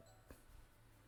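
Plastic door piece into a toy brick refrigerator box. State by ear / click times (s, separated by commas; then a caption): seated / 0.3 s. A transparent square plastic toy brick, the door of a toy refrigerator, is pushed straight down from the top into a small gray brick box. It snaps into place with a single sharp click at 0.3 s over a quiet background, and the door is seated.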